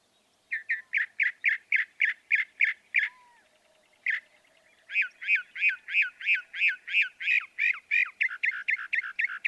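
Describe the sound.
Northern mockingbird song, a long run of loud repeated harsh notes, a brief pause, then another similar run.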